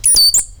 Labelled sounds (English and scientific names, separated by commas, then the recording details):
Stitchbird (Notiomystis cincta) song
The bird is a male
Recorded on Tiritiri Matangi Island, New Zealand, in 2005
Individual 7, of nest box 9